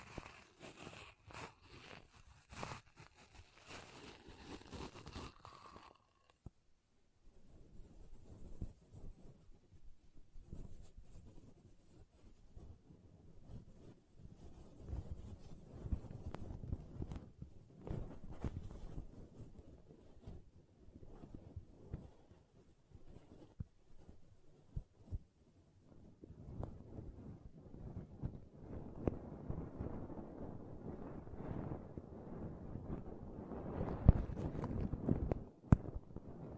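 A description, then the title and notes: Pom pom tingles: soft, fluffy rustling and brushing that stays low and muffled. The first six seconds carry sharp taps over a faint high tone, then dense, uneven swishing continues throughout, growing louder and fuller over the last ten seconds. ASMR Ultimate Pom Pom Tingles (No Talking).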